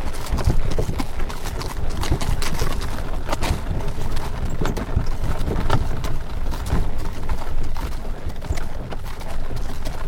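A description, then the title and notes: A horse-drawn carriage rolls along, hooves clip-clopping in a quick, steady rhythm of sharp knocks throughout. Beneath them runs a low, continuous rumble of wheels on the road, fairly loud, with the level staying even across the ten seconds. Relaxing Horse Carriage Ride Sounds.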